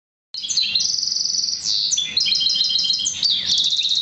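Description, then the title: Oriental magpie-robin song, a rich run of high whistles, trills and rapid repeated notes, loud and continuous after a short silence. "Kicau Kacer"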